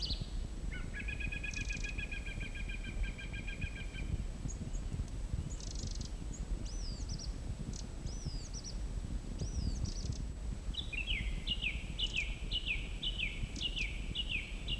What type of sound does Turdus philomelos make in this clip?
song